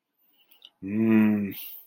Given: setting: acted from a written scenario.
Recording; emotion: vocal sound without words; guilt